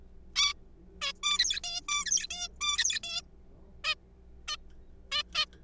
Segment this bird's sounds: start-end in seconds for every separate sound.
0.36-0.53, 1.01-1.12, 1.23-1.59, 1.64-1.81, 1.88-2.04, 2.06-2.27, 2.30-2.48, 2.61-3.00, 3.04-3.21, 3.84-3.94, 4.48-4.56, 5.12-5.23, 5.35-5.45